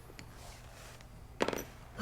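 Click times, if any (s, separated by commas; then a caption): 1.4 s. A metal trigger group retaining pin is pushed with a punch through the receiver of a Benelli M4 Tactical shotgun until the receiver's internal snap ring catches it. After faint ticks near 0.2 s and 1.0 s, a loud, sharp snap comes at 1.4 s, followed by a couple of smaller clicks around 1.5 s. The snap ring captures the pin and it is seated.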